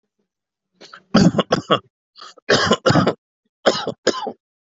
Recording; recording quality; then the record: shallow voluntary cough; excellent, no background noise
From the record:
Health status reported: COVID-19 positive, mild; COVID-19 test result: positive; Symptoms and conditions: cough, chronic lung disease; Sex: male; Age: 52 years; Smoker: not ticked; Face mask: not worn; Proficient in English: yes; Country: India